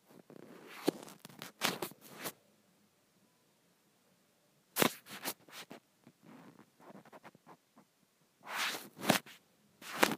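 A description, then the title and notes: Scrunchie sounds come in bursts of soft scratchy rustling and crinkling, with quick bright snaps clustered near the start, around the five-second mark, and again near the end. Between the bursts are short stretches of near silence and fainter handling. ASMR Satisfying Scrunchie Sounds.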